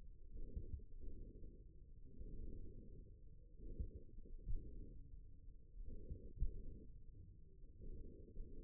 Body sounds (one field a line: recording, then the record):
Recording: forearm muscle sounds (acoustic myography)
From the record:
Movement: wrist extension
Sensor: system 1, eight BSWA MPA416 microphones around the upper forearm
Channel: 7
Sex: male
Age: 54 years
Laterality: right